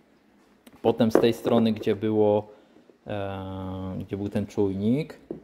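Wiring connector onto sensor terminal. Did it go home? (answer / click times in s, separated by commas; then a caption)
yes / 0.7 s. A wiring connector is pushed onto the terminals of a fuel-system sensor adapter on a car engine. It gives a sharp single click at 0.7 s, seating the connector. After that, someone talks for most of the clip.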